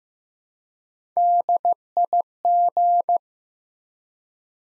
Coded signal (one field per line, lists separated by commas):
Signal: Morse code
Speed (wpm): 15 wpm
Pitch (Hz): 700 Hz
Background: none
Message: DIG